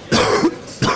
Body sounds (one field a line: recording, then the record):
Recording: coughing mixed with background sound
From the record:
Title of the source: Coughing 46